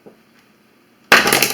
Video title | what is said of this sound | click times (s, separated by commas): comment réparer sa bouilloire facilement et gratuitement | voilà toc vous avez vu | 1.1 s